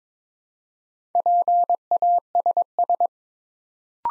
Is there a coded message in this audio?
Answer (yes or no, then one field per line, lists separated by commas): yes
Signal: Morse code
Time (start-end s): 1.1-3.1 s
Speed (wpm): 22 wpm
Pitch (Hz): 700 Hz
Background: none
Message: PASS